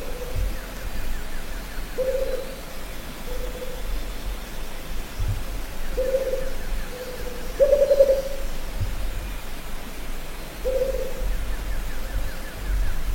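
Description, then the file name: Rufous-capped motmot song: a series of seven low, hollow hoots at uneven intervals, one slightly louder in the middle, with faint trills and low thumps behind. "Canto da juruva"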